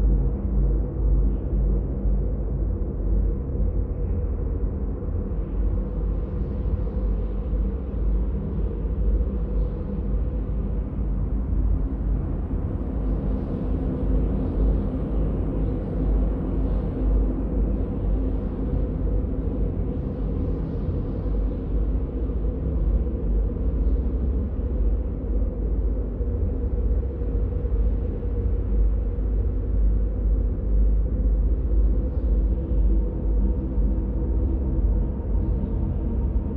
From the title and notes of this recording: Ancient Ruin: ambient soundscape for sleep or D&D. Ambient winds blow through the dungeon and warn the party of the dangers below.